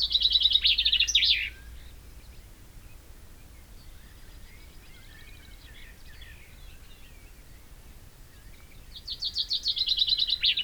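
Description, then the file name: Common chaffinch song: the tail of a trill ending in a flourish at the start, soft background chirping in the gap, and the next rattling phrase beginning at the end. "Fringilla coelebs"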